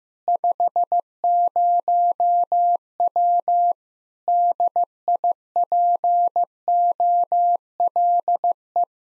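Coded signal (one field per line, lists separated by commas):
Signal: Morse code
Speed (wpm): 16 wpm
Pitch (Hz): 700 Hz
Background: none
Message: 50W DIPOLE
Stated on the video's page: Practice QSO drill at 15 wpm, information segment (rig, antenna, weather), each segment sent in Morse, then repeated in Morse.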